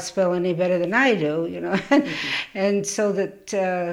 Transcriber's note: she laughs